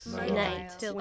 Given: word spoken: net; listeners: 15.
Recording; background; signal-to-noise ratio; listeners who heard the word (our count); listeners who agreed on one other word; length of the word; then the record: one English word in noise, from a listening test; four-talker babble; -0.2 dB; 3 of 15; 6 of 15; 0.61 s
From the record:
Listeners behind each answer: 6, 3, 1, 1, 1, 1, 1, 1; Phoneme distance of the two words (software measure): 17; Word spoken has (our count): 1 syllable, 3 phonemes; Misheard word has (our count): 2 syllables, 4 phonemes, stress on syllable 1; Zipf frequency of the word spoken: 4.53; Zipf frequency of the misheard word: 2.91